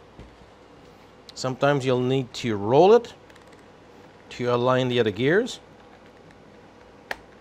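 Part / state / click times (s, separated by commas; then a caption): center differential assembly into RC car chassis gear train / seated / 7.1 s. Someone talks while the center differential and its mating piece are reinserted into the gear train of a Traxxas Rally 1/10 4X4 VXL RC car chassis, with the assembly rolled to line up the gears. At 7.1 s a single sharp knock, a clunk, is heard as the center diff drops home and seats.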